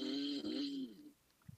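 A single deep in-breath lasting about a second carries a steady, pitched, rattling tone before fading to quiet room noise. This is noisy inspiratory breathing from an ill adult awaiting test results, most marked on a deep breath, likened to a death rattle.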